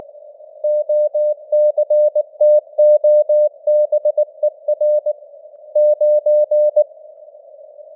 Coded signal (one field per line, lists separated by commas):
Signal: Morse code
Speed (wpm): 19 wpm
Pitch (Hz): 600 Hz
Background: none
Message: OCTOBER 9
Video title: Morse Code News | 2025-10-04 | 19wpm